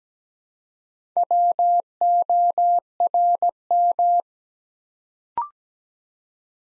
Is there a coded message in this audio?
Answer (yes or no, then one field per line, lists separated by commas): yes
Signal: Morse code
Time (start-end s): 1.2-4.2 s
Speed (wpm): 17 wpm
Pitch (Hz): 700 Hz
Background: none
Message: WORM